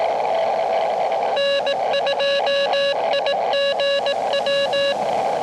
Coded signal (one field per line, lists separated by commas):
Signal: Morse code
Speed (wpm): 18 wpm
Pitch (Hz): 2800 Hz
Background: music, radio noise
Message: N2IGW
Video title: New Park CW Morse Code POTA Activation